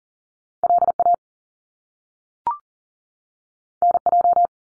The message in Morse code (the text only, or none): L A N J